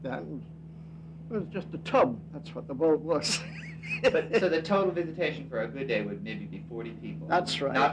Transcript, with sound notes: It was just a tub; that's what the boat was. (Laughter)
So the total visitation for a good day would maybe be forty people.
That's right.